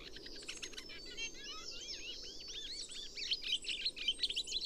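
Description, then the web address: Chestnut-cheeked starling calling in a dense chattering jumble of squeaky, twangy and wheezy notes, busier and louder toward the end, over a steady low background hiss. "komukudori"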